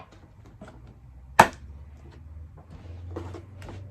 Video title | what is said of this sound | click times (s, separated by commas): VACUUM UP WATER WITH THIS | Then press down until it snaps back on. | 1.4 s